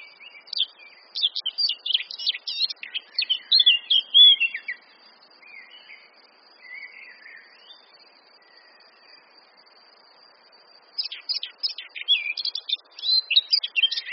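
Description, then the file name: Eurasian blackcap song: a fast jumble of scratchy, chattering high notes, a quieter stretch of soft warbling, then another rapid burst of twittering phrases. "Sylvia atricapilla"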